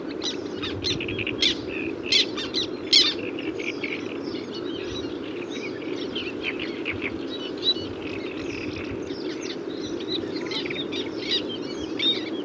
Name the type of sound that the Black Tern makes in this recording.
call